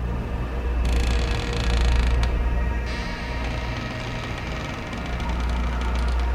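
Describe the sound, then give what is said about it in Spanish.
A bedroom door creaks slowly open in the darkness in a long, drawn-out groan, its strained tonal squeal wavering over a steady low rumble, with no voices present. “Creyó percibir cómo se abría lentamente, tal vez empujado por una mano invisible, la puerta de su dormitorio.”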